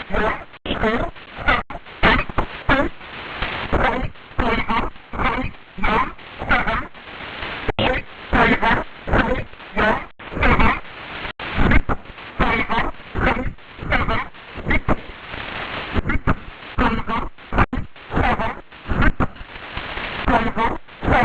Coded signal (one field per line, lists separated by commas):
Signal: numbers station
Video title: 5411kHz 7/26/26 20:00:00 UTC Possible G12 Number Station